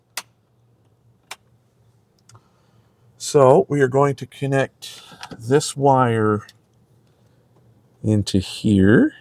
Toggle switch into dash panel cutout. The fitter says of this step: slide it into the hole and it just locks in place